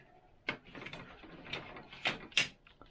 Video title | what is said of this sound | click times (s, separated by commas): Bosch Professional BT 350 Telescopic Pole - How to Get Fine Height Adjustment | and it clicks into place | 2.4 s